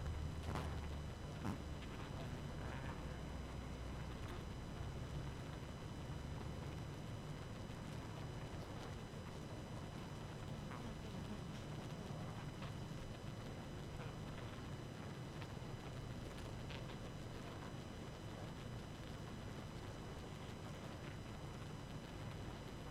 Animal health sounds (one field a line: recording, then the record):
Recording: honeybee colony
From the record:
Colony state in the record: active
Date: 12 June 2018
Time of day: 22:47